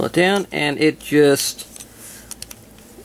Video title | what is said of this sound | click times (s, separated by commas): 1995 Takara Beast Wars D9 Buzz Saw | locks into place and it locks in pretty decently now | 2.4 s